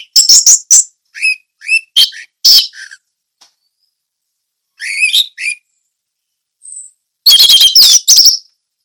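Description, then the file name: Orange-headed thrush song of short whistled and rattling notes, separated by gaps, ending in a dense burst of high chattering. Indonesian local name anis merah; song style called ngeplong teler. "suara anis merah ngeplong teler"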